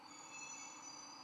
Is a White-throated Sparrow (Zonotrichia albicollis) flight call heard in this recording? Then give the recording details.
no. No flight call is heard. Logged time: 11:26 on 11 November 2014